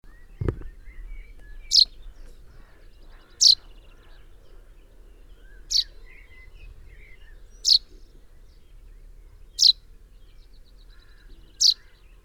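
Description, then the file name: Common chaffinch repeating a crisp, high single call note about every two seconds, six times, after a brief low thump at the start. "Fringilla coelebs"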